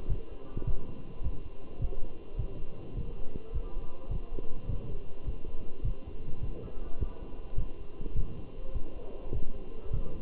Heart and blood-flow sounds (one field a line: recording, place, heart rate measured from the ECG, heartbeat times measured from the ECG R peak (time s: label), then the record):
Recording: heart sounds by stethoscope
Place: between the tricuspid and mitral areas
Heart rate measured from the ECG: 104 bpm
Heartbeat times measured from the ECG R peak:
0.10 s: heartbeat
0.67 s: heartbeat
1.24 s: heartbeat
1.82 s: heartbeat
2.39 s: heartbeat
2.97 s: heartbeat
3.54 s: heartbeat
4.11 s: heartbeat
4.69 s: heartbeat
5.26 s: heartbeat
5.85 s: heartbeat
6.43 s: heartbeat
7.00 s: heartbeat
7.58 s: heartbeat
8.17 s: heartbeat
8.74 s: heartbeat
9.33 s: heartbeat
9.93 s: heartbeat
From the record:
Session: walking at 3.7 km/h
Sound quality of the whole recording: good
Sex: male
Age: 27 years